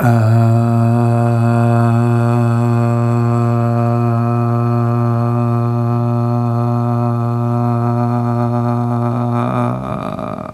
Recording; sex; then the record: sustained vowel /a/; male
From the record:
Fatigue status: fatigue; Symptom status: symptomatic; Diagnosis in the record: COVID-19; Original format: m4a